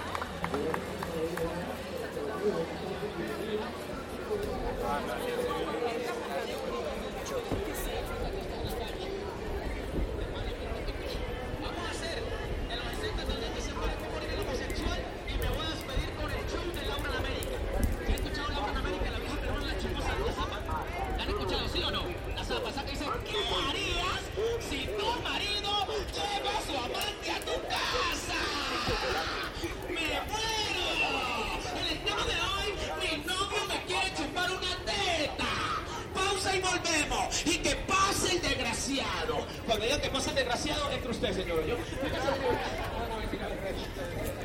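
Riding a bicycle through central Bogotá, the sound is a constant busy mix of voices and street noise. People talk and chatter throughout, overlapping in a steady babble with a low rumble underneath, and the level stays even for the whole stretch.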